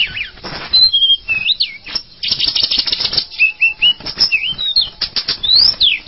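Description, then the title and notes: Bird song: high whistled slurs and quick rising-falling notes, broken by dense dry clicking and rattling bursts throughout. "Bird Sound. Kicau Burung Lengkap"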